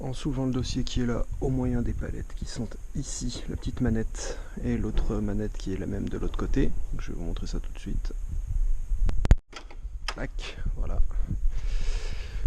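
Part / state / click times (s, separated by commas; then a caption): passenger seat latch on a motorcycle frame / released / 9.3 s. Someone talks, then pulls the small release lever on the passenger seat latch of a Vmax 1200 motorcycle frame during a battery change. The latch pops open at once with a sharp click at 9.3 s, releasing the seat because it was not properly engaged. Talking resumes afterward.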